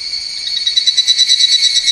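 Higurashi cicada with a brief burst of quick, evenly pulsed high ringing notes.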